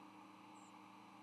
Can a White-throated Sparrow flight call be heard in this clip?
no